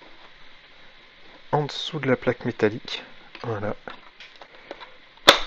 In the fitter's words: Clac. Premier cache inséré.